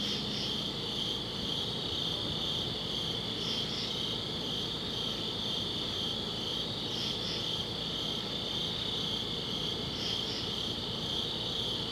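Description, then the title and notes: Cricket trilling runs steadily throughout, with doubled higher-pitched chirps returning every few seconds above a low rumble. Crickets outdoors at a summit at dusk. "Ext. Summit Crickets, Dusk by Bandeto"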